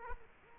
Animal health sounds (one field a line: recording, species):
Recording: mosquito wingbeat signal from an infrared sensor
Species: Culex quinquefasciatus